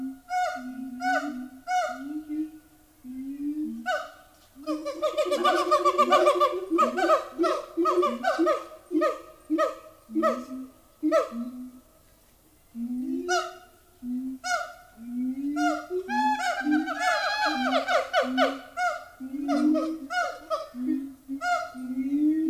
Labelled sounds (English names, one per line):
Siamang